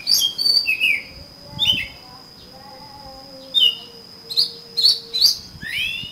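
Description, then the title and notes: Oriental magpie-robin song, bright slurred whistles in short groups with a lower drawn-out tone in the middle and a steady high hum. "suara kacer. kumpulan suara burung kacer"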